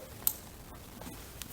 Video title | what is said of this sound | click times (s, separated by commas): VW Golf mk4 TDI ALH gets new vacuum lines and N75 valve install | and then last but not least the connection you'll hear it click there | 0.3 s